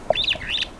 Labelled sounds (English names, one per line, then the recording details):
Superb Starling flight call
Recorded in Kenya